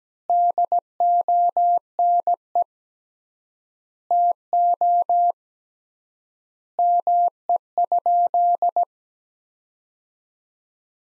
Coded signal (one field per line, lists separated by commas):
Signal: Morse code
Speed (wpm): 17 wpm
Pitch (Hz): 700 Hz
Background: none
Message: DONE TO ME?